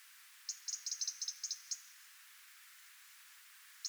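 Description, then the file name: European robin giving a fast run of many high, dry ticks, then silence and one final tick. "Erithacus rubecula"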